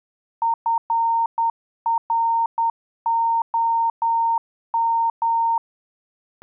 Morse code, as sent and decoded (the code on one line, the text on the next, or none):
..-. .-. --- --
FROM